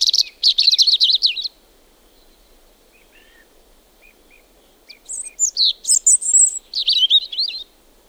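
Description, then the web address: European robin song: a dense twittering phrase, a pause with faint soft notes, then a second phrase of varied high, sweet warbling. "liigid plaat punarind"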